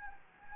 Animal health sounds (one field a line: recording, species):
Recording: mosquito wingbeat signal from an infrared sensor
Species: Anopheles gambiae